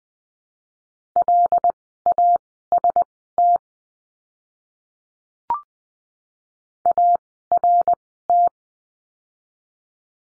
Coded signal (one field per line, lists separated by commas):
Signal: Morse code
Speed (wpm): 20 wpm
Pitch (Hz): 700 Hz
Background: none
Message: LAST ART